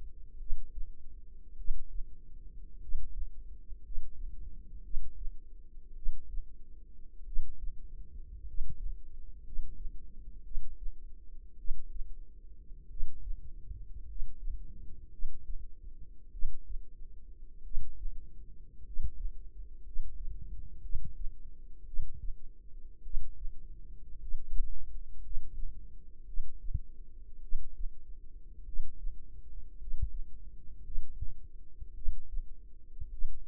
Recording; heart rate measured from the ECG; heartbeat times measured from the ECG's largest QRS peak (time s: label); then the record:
heart sounds by microphone in the left ear; 53 bpm
0.38 s: heartbeat
1.56 s: heartbeat
2.79 s: heartbeat
3.82 s: heartbeat
4.82 s: heartbeat
5.94 s: heartbeat
7.24 s: heartbeat
8.44 s: heartbeat
9.43 s: heartbeat
10.42 s: heartbeat
11.56 s: heartbeat
12.88 s: heartbeat
14.06 s: heartbeat
15.10 s: heartbeat
16.30 s: heartbeat
17.62 s: heartbeat
18.83 s: heartbeat
19.83 s: heartbeat
20.81 s: heartbeat
21.84 s: heartbeat
23.02 s: heartbeat
24.18 s: heartbeat
25.21 s: heartbeat
26.25 s: heartbeat
27.40 s: heartbeat
28.64 s: heartbeat
29.77 s: heartbeat
30.82 s: heartbeat
31.93 s: heartbeat
33.09 s: heartbeat
From the record:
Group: healthy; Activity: rest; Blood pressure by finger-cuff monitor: 104/51 mmHg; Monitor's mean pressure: 64 mmHg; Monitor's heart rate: 53 bpm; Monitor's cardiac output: 5 L/min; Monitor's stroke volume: 93 mL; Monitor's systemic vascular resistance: 900 dyn s/cm5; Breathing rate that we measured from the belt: 11 breaths a minute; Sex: male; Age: 25 years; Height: 170 cm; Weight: 70.4 kg